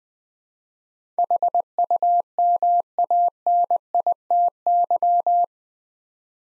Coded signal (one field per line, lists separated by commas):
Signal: Morse code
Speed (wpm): 20 wpm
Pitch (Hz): 700 Hz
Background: none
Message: HUMANITY